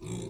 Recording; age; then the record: pig call; weaner (32 to 43 days)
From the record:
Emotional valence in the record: negative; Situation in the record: novel object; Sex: female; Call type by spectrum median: low-frequency call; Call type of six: low-frequency stable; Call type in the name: low-frequency stable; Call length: 0.30 s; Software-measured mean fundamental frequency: 58 Hz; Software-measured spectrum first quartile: 213 Hz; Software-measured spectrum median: 487 Hz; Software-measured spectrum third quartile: 4594 Hz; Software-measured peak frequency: 155 Hz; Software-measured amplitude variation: 123 dB a second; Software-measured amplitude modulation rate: 35.0 a second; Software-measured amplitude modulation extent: 3.5 dB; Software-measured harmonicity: 7.6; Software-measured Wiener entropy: -3.97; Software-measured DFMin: 1086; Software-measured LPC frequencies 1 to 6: 321, 2324, 3525, 3846, 5660, 6262 Hz